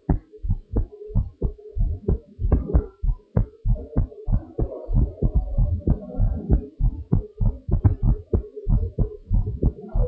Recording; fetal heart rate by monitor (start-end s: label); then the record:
heart sounds of a pregnant woman by stethoscope
no fetal heartbeat
From the record:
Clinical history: preeclampsia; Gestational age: 40 weeks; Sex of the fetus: girl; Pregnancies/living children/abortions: 1/0/0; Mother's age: 31 years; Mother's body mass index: 32.7